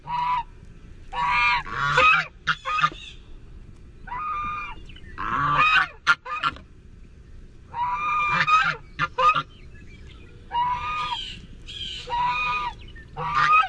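Goose honks, harsh and nasal, coming in irregular bursts and doubled calls, some short and clipped, others drawn out, separated by brief quiet spells.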